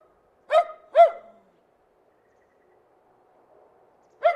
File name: ANIMAL DOG TERRIER BARKING